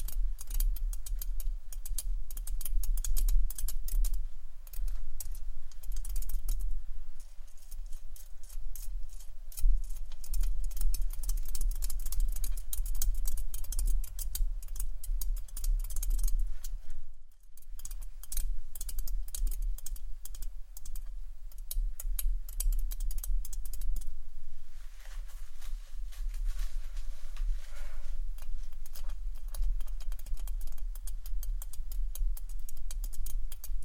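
Rapid fingertip tapping on a face and camera, a dense, fairly even patter of crisp little clicks that runs almost without pause for the whole stretch. There is a brief gap near seventeen seconds, and a steady low hum sits underneath throughout.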